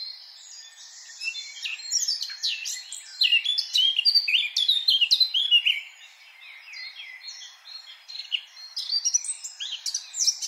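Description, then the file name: Eurasian blackcap warbling song in two loud, fast bouts of varied chirps and whistles separated by a quieter spell. "Sylvia atricapilla"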